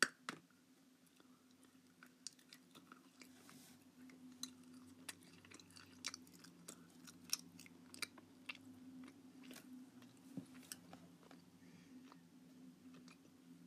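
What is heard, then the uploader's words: Eating of crisps and chocolate, with frequent sharp crunches and small clicking bites scattered irregularly across the whole stretch, a little denser after the first few seconds. A steady low hum sits underneath throughout. I got a mic! ASMR crisps, chocolate, Bruch pop-it ect.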